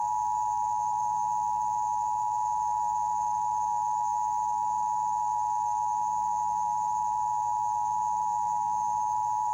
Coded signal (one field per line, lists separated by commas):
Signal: Emergency Alert System (SAME) tones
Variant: 853 and 960 Hz attention tone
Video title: Evolution of Emergency Broadcast System tests (1980-1996)